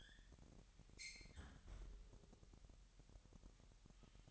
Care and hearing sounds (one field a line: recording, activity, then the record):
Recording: daily activity, microphone in the room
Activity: close fridge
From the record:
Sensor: 3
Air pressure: 1001.9 hPa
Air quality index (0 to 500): 246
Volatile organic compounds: 50 ppm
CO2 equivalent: 3300 ppm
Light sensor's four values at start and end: 12/36/16/13 and 12/36/16/13